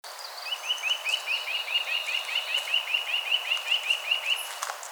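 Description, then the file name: Eurasian nuthatch giving a fast series of short, clear notes repeated steadily, with faint higher sounds behind. "Sitta europaea"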